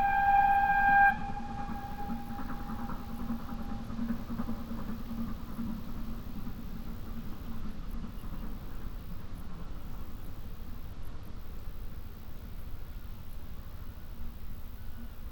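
Country sounds open with a loud, steady whistle-like tone that cuts off after a second, then a constant low engine rumble continues throughout.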